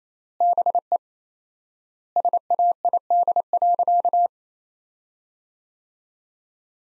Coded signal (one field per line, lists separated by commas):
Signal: Morse code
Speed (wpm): 28 wpm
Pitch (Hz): 700 Hz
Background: none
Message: BE SAID.